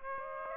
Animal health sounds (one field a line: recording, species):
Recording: mosquito wingbeat signal from an infrared sensor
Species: Aedes aegypti